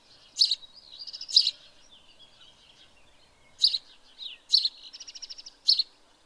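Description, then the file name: House sparrow gives several bright, sharp chirps, with a short rapid pulsed trill and quiet twittering around them. "Passer domesticus"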